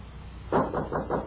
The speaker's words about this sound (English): and as he looked thoughtfully after the retreating carriages, there was a knock upon the door.